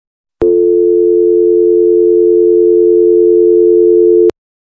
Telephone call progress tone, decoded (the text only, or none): dial tone